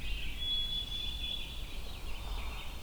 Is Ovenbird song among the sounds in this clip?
no